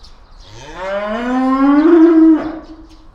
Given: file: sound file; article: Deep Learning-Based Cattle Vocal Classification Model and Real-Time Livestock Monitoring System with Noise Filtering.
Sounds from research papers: cattle; estrus call

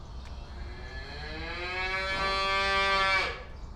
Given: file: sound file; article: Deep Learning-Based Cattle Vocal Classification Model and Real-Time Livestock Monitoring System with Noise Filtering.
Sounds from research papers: cattle; normal call

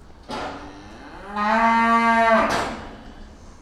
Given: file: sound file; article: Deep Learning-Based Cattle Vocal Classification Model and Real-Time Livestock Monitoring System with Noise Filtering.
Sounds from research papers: cattle; food anticipating call

